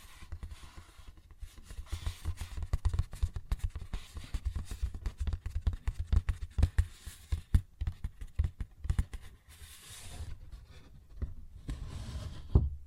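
Fingers tap and scratch on a paper bag in a dense, irregular stream of quick taps with low thumps underneath. Brighter crinkly scratching surges around the tenth second and again near the end, where a few sharper taps stand out.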